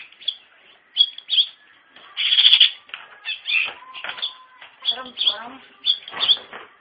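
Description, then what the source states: Long-tailed shrike song in broken bursts: harsh scratchy phrases, a loud grating rattle, and lower rasping notes between short pauses. Singing lively (gacor).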